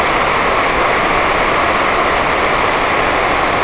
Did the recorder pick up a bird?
no